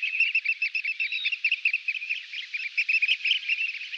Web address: Faglar Sound Strandskata